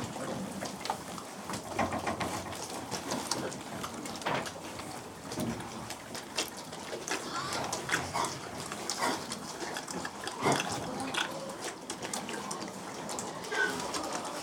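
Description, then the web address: Pigs in a group: a continuous busy atmosphere of many overlapping grunts and snuffles, with a few louder calls. General atmosphere of about 20 pigs together. "BBC Sound Effects Library. General Atmosphere Of Approx 20"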